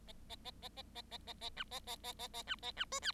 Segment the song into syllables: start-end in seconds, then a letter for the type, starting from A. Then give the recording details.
0.07-0.12 A, 0.29-0.35 A, 0.44-0.51 A, 0.62-0.69 A, 0.76-0.82 A, 0.95-1.02 A, 1.11-1.18 A, 1.27-1.33 A, 1.41-1.50 A, 1.56-1.64 B, 1.71-1.79 A, 1.87-1.96 A, 2.03-2.12 A, 2.19-2.27 A, 2.33-2.42 A, 2.47-2.56 B, 2.62-2.71 A, 2.76-2.85 B, 2.92-3.00 C, 3.02-3.12 D. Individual Bird7